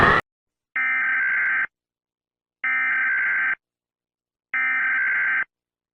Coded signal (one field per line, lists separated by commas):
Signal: Emergency Alert System (SAME) tones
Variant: header bursts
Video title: Piura EAS Alarm (Departament in Peru)